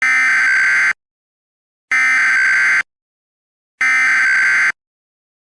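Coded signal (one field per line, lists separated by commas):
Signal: Emergency Alert System (SAME) tones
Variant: header bursts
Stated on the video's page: Fictional scenario alert, not a real broadcast.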